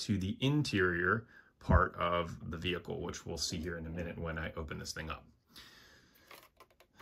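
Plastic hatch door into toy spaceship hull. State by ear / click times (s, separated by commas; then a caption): seated / 6.3 s. Someone talks, then a small plastic hatch door is closed back into the hull of a Star Wars Micro Galaxy Squadron Ahsoka Tano's T-6 Shuttle toy spaceship. It snaps shut with a sharp click at 6.3 s, followed by two fainter ticks at 6.6 s and 6.8 s. The door is seated in place.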